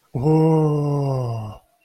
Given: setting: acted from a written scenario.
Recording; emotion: vocal sound without words; desire